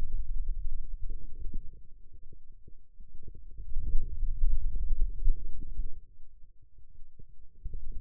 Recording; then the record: forearm muscle sounds (acoustic myography)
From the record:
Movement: hand closing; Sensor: system 2, bracelet of six BSWA MPA416 microphones around the upper forearm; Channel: 2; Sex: male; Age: 22 years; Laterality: right